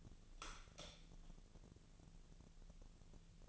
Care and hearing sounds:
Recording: daily activity, microphone in the room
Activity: light on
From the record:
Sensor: 4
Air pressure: 1000.8 hPa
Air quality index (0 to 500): 126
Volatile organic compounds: 1 ppm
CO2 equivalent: 944 ppm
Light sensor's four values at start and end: 37/89/37/41 and 39/98/41/45

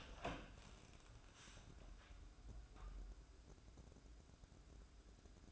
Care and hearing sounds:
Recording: daily activity, microphone in the room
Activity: open door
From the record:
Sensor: 2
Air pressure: 1012.2 hPa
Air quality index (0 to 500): 157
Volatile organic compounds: 2 ppm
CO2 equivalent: 1150 ppm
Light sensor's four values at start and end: 447/1123/457/484 and 446/1119/456/482

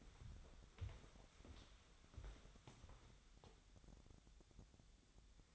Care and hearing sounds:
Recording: daily activity, microphone in the room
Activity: walk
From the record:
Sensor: 3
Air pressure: 1015.3 hPa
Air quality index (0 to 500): 119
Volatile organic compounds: 4 ppm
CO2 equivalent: 1680 ppm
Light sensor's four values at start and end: 18/45/18/20 and 18/46/18/20

